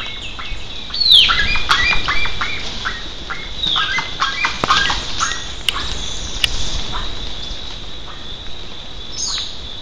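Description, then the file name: Bird calls, a busy series of short, sharp notes with harmonics, repeated rapidly and irregularly, over a steady high hiss. "SABIOD 50 bird 2015"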